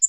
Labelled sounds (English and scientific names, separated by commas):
Black-throated Green Warbler (Setophaga virens) flight call